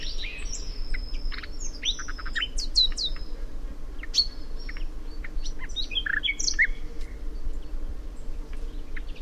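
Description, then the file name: Common nightingale delivering a busy, varied phrase of sharp whistles, short trills and clicks, dense at first then thinning out, above a steady low background noise. "Luscinia megarhynchos"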